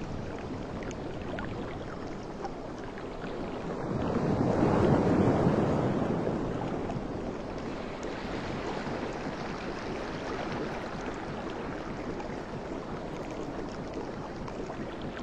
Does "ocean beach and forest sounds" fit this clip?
yes